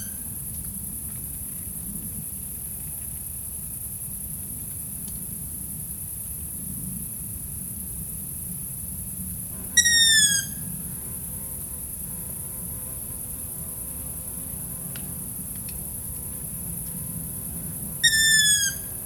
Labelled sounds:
Long-eared Owl (Asio otus) call

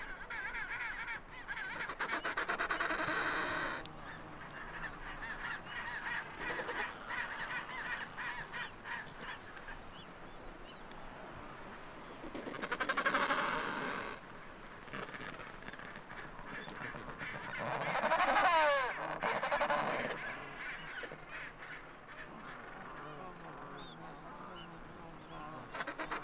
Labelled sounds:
Adelie Penguin (Pygoscelis adeliae) call

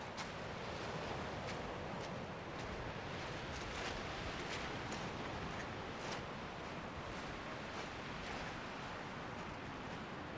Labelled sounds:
Arctic Fox (Vulpes lagopus)

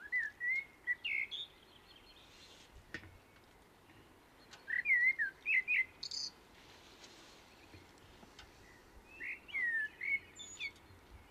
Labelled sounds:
Common Blackbird (Turdus merula) song

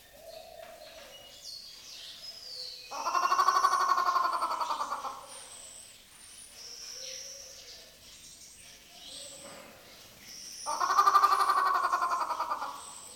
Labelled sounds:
Grey Peacock-Pheasant (Polyplectron bicalcaratum)

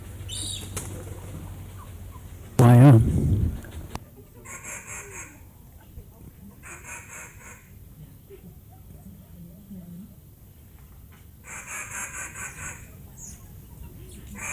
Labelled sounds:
Banded Mongoose (Mungos mungo)

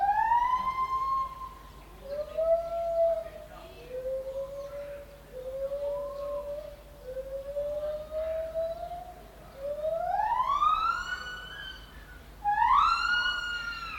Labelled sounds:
Lar Gibbon (Hylobates lar) call

